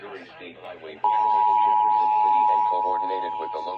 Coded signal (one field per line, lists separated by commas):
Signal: Emergency Alert System (SAME) tones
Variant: 853 and 960 Hz attention tone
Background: speech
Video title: EAS #166-169 Missouri Required Monthly Test on KDBB,KFMO,KBGM and KQBS. 10/15/24